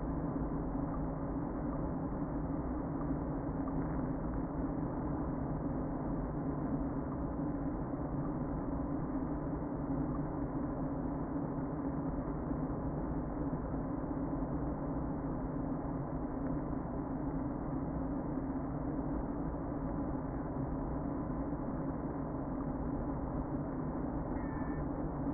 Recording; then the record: honeybee colony, microphone inside the hive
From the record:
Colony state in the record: queen present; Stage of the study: before two queens were removed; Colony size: about 60,000 bees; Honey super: yes